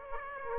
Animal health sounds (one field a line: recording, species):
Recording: mosquito wingbeat signal from an infrared sensor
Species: Aedes aegypti